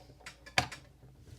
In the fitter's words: And it pops right in.